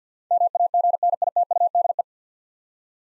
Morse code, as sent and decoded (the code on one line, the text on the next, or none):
-- .- --. -. .. - ..- -.. .
MAGNITUDE